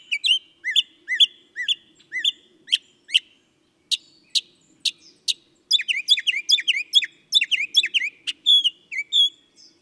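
Northern mockingbird song: repeated chirped notes, sharp clicks, then a dense jumble of quick slurred whistles, each pattern given several times before changing.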